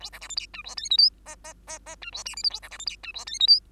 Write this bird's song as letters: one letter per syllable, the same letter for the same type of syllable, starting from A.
A B C D E F G H I J K K K K F G L M N A B C D E F G H I J